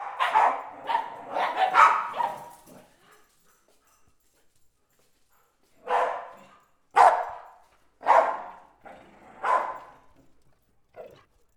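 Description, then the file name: Dogs barking, a rapid burst of overlapping barks followed by a pause and then four spaced single barks, ending with a faint short yip. Two dogs barking. "Perros (Ligeti y Malena) ladrando"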